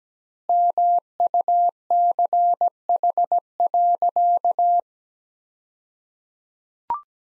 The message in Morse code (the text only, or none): MUCH.